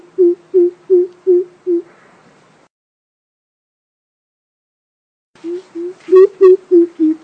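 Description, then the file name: Coucal with a run of deep, even hoots, a silence, then another series of hoots with a brief higher note mixed in. "tieng keu chim bim bip"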